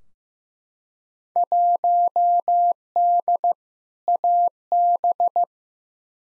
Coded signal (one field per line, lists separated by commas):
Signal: Morse code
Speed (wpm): 15 wpm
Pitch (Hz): 700 Hz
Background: none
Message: 1D AB